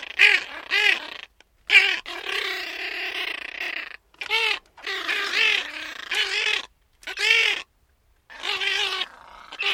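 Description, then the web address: Gulls making repeated arched, mewing cries in clustered phrases, separated by short silences. Gulls described as talking. "Tom Hutchings Seagulls Talking"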